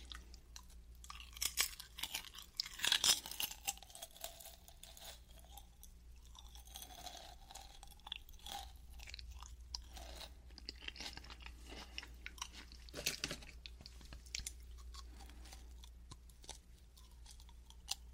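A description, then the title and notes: Crisp chips crunch in irregular bites, loudest around three and thirteen seconds, over a steady low hum. Honey butter chip eating sound.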